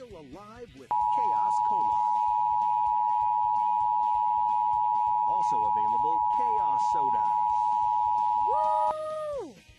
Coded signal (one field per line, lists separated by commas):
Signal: Emergency Alert System (SAME) tones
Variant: 853 and 960 Hz attention tone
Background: speech, music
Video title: Required monthly test FEB-1-2026 (Red Ticket EAS Scrolling Text)